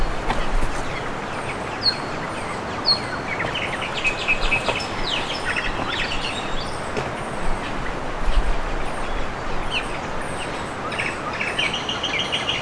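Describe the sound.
Bird calls, scattered short high chirps and brief whistles over a steady low rumbling background noise.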